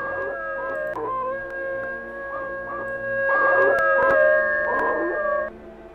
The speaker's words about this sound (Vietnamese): Phía xa xa, chó nhà hàng xóm chu lên liên hồi như là chó sói vậy.